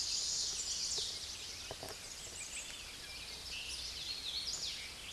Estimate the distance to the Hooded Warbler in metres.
about 45 m